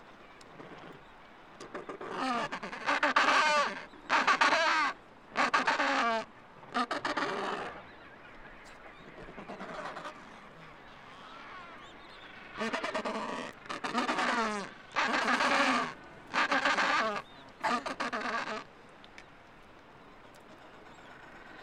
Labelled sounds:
Adelie Penguin (Pygoscelis adeliae) call

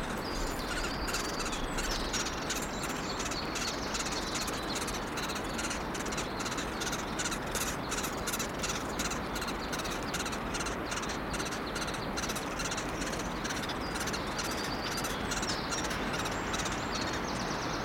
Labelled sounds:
Great Spotted Woodpecker (Dendrocopos major) call

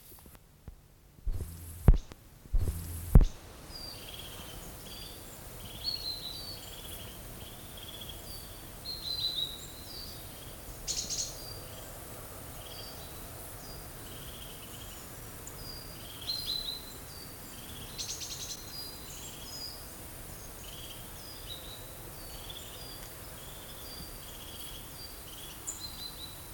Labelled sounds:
European Crested Tit (Lophophanes cristatus)

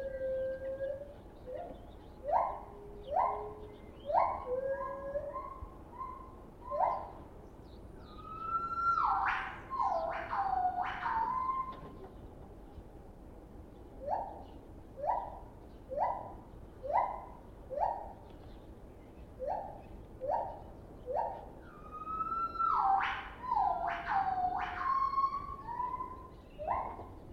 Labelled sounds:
Lar Gibbon (Hylobates lar)

